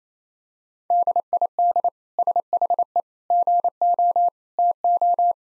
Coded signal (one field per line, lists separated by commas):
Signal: Morse code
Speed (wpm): 27 wpm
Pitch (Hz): 700 Hz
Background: none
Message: DID SHE GO TO